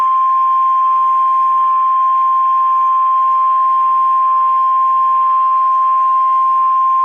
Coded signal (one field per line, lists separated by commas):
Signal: Emergency Alert System (SAME) tones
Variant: 1050 Hz attention tone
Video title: Tornado warning for ￼ Florida EAS